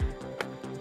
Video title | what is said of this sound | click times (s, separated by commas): Hiboy SR2 Plus Electric Scooter - My First e-scooter Review | Hear that snap, and that's just like that. | 0.4 s